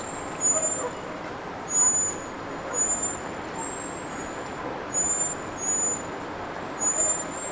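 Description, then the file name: Common blackbird: six or so fine, piercing high notes, each drawn out briefly, spaced unevenly over a continuous background rush. "Turdus merula"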